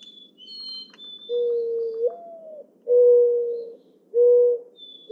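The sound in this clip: Mourning dove song: a soft coo sliding upward, then steady hoots, with high whistles from another bird.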